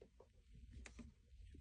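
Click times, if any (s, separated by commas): 0.9 s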